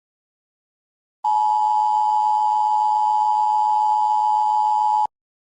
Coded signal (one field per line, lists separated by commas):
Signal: Emergency Alert System (SAME) tones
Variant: 853 and 960 Hz attention tone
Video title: Eas mock#3:global thermonuclear war